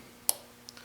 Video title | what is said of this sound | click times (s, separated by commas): Ruger LC9 Mission Select Trigger Kit | you heard that click that click is the firing pin block popping | 0.3 s